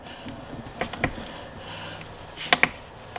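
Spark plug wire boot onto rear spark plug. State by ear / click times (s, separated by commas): seated / 2.5 s, 2.6 s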